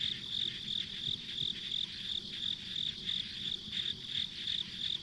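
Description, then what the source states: Insect giving repeated high pulsed chirps, around three a second, over a continuous insect chorus and faint low noise. Ambient insect sounds recorded along a rural country road.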